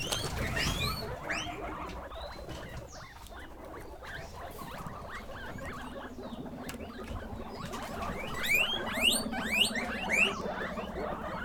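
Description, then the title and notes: Guinea pig squeaks, a dense chorus of short rising squeals over a low purring rumble, growing louder and shriller toward the end. Guinea pig (cuy) pen, during a sound residency on traditional kitchens in Pujilí, Ecuador, 2019. "Yanuna_Paisajes. CORRAL_CUY. Sonidos grabados durante la residencia "Yanuna de sonidos, Laboratorio de experimentación y creación sonora alrededor de las cocinas tradicionales de Pujilí. " en Pujilí - Ecuador 2019"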